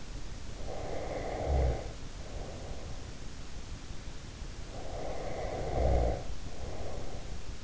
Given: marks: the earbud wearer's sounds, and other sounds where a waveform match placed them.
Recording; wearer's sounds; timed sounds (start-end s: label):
sounds in sleep by an in-ear microphone; snoring breath
0.43-3.16 s: snoring breath
4.33-7.64 s: snoring breath